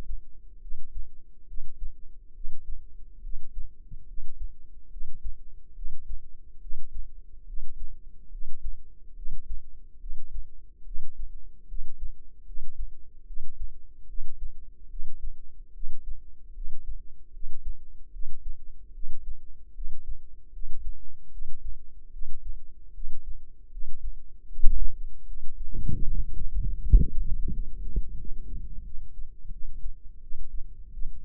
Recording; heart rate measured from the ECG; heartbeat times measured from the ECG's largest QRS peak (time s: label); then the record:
heart sounds by microphone in the left ear; 75 bpm
0.59 s: heartbeat
1.45 s: heartbeat
2.32 s: heartbeat
3.21 s: heartbeat
4.05 s: heartbeat
4.88 s: heartbeat
5.73 s: heartbeat
6.59 s: heartbeat
7.44 s: heartbeat
8.29 s: heartbeat
9.13 s: heartbeat
9.98 s: heartbeat
10.83 s: heartbeat
11.66 s: heartbeat
12.44 s: heartbeat
13.24 s: heartbeat
14.06 s: heartbeat
14.87 s: heartbeat
15.71 s: heartbeat
16.52 s: heartbeat
17.31 s: heartbeat
18.10 s: heartbeat
18.91 s: heartbeat
19.72 s: heartbeat
20.50 s: heartbeat
21.29 s: heartbeat
22.10 s: heartbeat
22.92 s: heartbeat
23.69 s: heartbeat
24.46 s: heartbeat
25.25 s: heartbeat
26.04 s: heartbeat
26.80 s: heartbeat
27.51 s: heartbeat
28.15 s: heartbeat
28.83 s: heartbeat
29.50 s: heartbeat
30.20 s: heartbeat
30.90 s: heartbeat
From the record:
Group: healthy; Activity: rest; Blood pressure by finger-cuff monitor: 108/72 mmHg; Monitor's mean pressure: 83 mmHg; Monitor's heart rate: 73 bpm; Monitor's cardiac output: 5.6 L/min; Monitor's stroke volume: 76 mL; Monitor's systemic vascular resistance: 1080 dyn s/cm5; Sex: female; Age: 22 years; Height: 160 cm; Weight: 45 kg